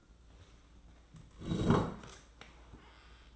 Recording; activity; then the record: daily activity, microphone in the room; sit down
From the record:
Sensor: 3